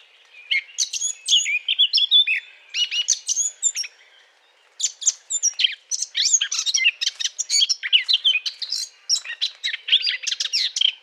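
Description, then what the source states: Eurasian blackcap song, bright varied warbling phrases, a short silent gap midway, then a long dense run of fast twittering notes. Courtship song.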